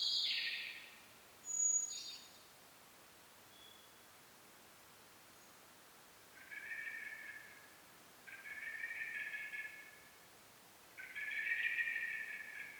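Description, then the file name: Common blackbird calling: three long, steady, buzzy notes in the second half, after a few brief higher chirps and squeaks at the start. "Turdus merula"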